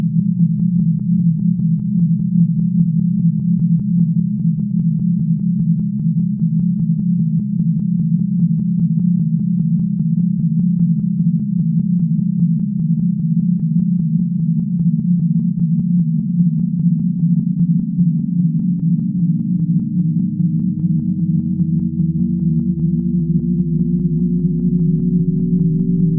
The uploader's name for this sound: Binaural Tones